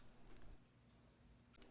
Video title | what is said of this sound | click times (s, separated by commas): Coleman Stove Model 425 Teardown Maintenance Rebuild and Leak Repair | the retainer clip will be snapped back into place over the two holes | 1.6 s